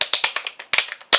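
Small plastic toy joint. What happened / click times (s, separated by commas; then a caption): The folding plastic legs clicked into their locked position / 0.0 s, 0.7 s. The plastic front legs of a Mattel Voltron Classics Yellow Lion figure are folded up into their locked position, the same way the rear legs lock. Two sharp clicks at 0.0 s and 0.7 s, one for each leg, mark each leg locking in place, with lighter plastic taps and rattles around them.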